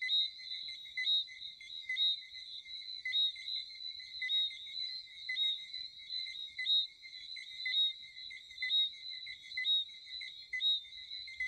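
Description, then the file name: Frogs calling in a dense chorus, a steady high trilling drone with a strong overtone, swelling and fading in waves about once a second. "Chant de grenouilles - Sound of frog"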